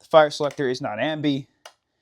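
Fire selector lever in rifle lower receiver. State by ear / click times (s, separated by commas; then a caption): not seated / none. Someone talks while handling the plastic/metal fire selector lever in the lower receiver of a VFC HK33 gas blowback airsoft rifle, followed by a brief faint tick at about 1.7 s. The selector has not clicked into its detent position yet; nothing has seated.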